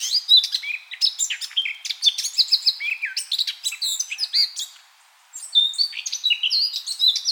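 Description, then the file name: Eurasian blackcap song: a rapid, varied warble of high chirps, slurred whistles and trills, with a brief pause about two-thirds through before the warbling resumes. "Sylvia atricapilla"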